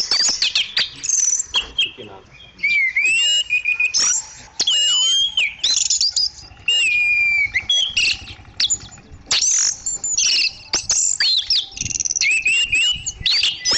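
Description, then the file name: Orange-banded thrush song, a rich, varied run of loud whistles, slurred rising and falling notes and buzzy chatters, delivered almost without pause and packed with quick changes in phrase. "anis cendana"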